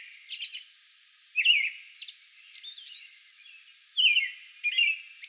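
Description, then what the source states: American robin song, a few spaced whistled phrases with gaps between them, the louder ones dropping slightly in pitch, plus thin high notes. Song bout recorded on May 11.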